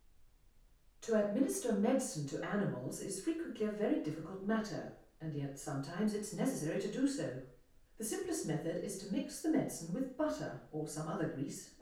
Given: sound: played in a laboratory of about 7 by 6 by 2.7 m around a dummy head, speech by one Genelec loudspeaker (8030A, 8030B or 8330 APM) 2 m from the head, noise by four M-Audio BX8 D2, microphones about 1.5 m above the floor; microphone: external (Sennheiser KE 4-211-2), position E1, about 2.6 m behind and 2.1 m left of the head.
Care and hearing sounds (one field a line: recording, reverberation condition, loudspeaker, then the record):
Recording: female speech in English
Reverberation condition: medium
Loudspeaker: 60 degrees to the right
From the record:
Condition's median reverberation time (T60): about 510 ms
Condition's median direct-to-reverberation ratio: about -0.5 dB